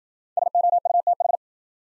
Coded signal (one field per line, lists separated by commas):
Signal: Morse code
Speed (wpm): 53 wpm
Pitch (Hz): 700 Hz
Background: none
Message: SOUTH